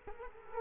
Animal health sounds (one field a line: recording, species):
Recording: mosquito wingbeat signal from an infrared sensor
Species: Culex quinquefasciatus